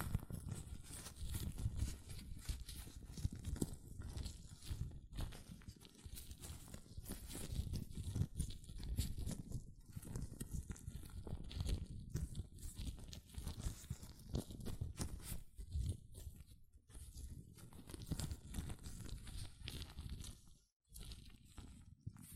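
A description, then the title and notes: Hands move inside latex gloves, making a dense, continuous run of rubbery crackles, rubs and small snaps with a steady low rumble underneath. The handling stays busy and irregular throughout, pausing briefly for a near-silent moment around twenty seconds before resuming. ASMR Latex Gloves Hand Sounds (No Talking).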